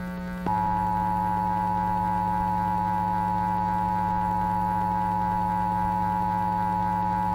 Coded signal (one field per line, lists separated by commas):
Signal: Emergency Alert System (SAME) tones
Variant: 853 and 960 Hz attention tone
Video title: EAS Mock #11: New Year 2000 Bombing Remastered